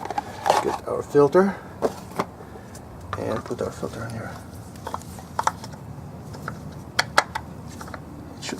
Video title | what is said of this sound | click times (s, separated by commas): Easiest DIY for BMW e90 oil and filter change | click into place just like that so | 7.0 s